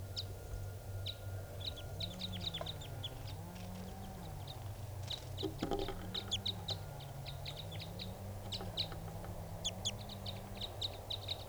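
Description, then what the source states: Red Crossbill calls: many sharp, clipped kip notes in quick irregular series, with a wavering low drone and a brief loud thump midway. Wild type 2 male that has come down; male-female pair perched low in a small pine tree.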